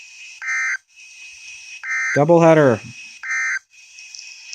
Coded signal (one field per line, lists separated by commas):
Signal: Emergency Alert System (SAME) tones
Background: speech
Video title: EAS 52 and 53 Severe Thunderstorm Warnings